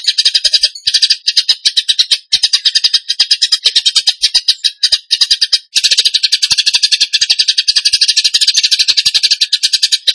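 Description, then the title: Bird song: continuous harsh, rapid chattering of high notes, broken only by a few brief gaps. Masteran training recording; song in the tembakan gacor style. "Masteran Burung Tembakan Gacor"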